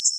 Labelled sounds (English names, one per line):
Common Yellowthroat flight call